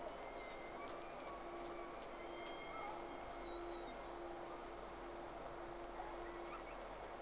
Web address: Sea Snake 10-3-06 Whales X 2 11-30 Round 1